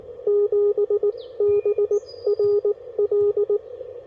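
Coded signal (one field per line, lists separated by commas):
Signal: Morse code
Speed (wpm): 20 wpm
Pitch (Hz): 410 Hz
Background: radio noise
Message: 7BRL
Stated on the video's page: Morse from a park activation at a rare park, using FT-857, Putikeeg key and JPC-7 dipole.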